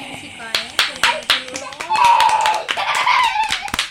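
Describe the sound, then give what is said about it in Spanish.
Applause: a run of sharp, fairly steady hand claps, loud and rhythmic, while voices talk, cheer and call out over them throughout. “Nos deberían de contratar también para ¿aplausos?”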